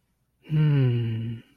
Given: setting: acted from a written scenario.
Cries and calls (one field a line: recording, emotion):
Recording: vocal sound without words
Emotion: contentment